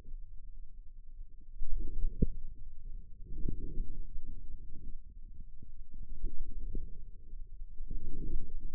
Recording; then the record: forearm muscle sounds (acoustic myography)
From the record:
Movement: inward rotation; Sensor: system 2, bracelet of six BSWA MPA416 microphones around the upper forearm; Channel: 5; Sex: male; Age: 22 years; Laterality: right